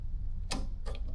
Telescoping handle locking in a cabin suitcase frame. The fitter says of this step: and when it clicks into place, it's very firm and nice on the hand.